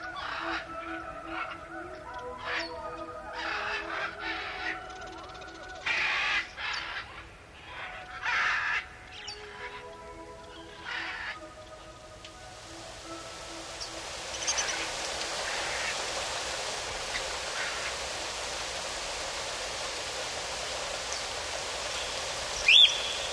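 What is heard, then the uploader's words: Amazon rainforest: a dense chorus of tonal calls and pulsing insects fades after twelve seconds into a steady hiss, with one sharp chirp near the end. Sounds of the Amazon rainforest.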